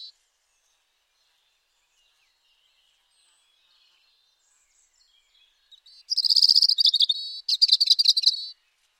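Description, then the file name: European robin song: after several seconds of near silence, two quick bursts of high, trilling twitters around the upper register, separated by a brief pause. "Erithacus rubecula"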